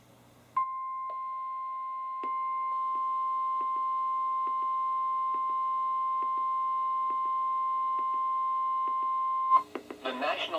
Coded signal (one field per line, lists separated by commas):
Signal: Emergency Alert System (SAME) tones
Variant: 1050 Hz attention tone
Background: speech